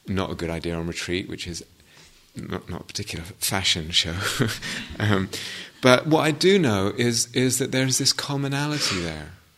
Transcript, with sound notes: not a good idea on retreat, which is not a particular fashion show. [laughs] But what I do know is that there's this commonality there.